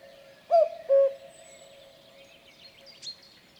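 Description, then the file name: Common cuckoo with a single clear two-note cu-coo, higher then lower, followed by faint chirps from other birds. "kagu"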